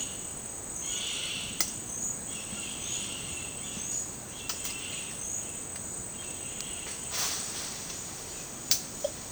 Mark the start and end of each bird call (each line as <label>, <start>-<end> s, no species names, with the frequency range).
bird call (1.3-5.7 kHz), 0.00-6.99 s